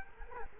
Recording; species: mosquito wingbeat signal from an infrared sensor; Culex quinquefasciatus